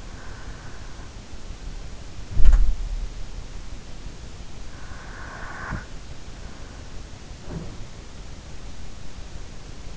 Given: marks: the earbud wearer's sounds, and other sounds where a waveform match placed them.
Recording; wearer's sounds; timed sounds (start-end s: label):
sounds in sleep by an in-ear microphone; breath
0.00-1.33 s: breath
2.12-3.64 s: sound from someone else or the room
4.75-8.27 s: breath
6.93-8.27 s: sound from someone else or the room